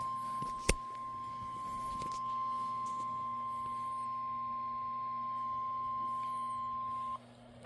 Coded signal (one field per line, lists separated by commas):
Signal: Emergency Alert System (SAME) tones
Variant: 1050 Hz attention tone